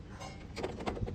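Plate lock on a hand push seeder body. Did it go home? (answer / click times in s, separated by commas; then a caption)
no / none. The seed plate is handled back onto the steel body of a hand push seeder before its plate lock is closed. Low rustling handling noise gives way to a few light knocks from about 0.6 s and a brief, louder knock at 0.9 s. Nothing has seated or clicked yet.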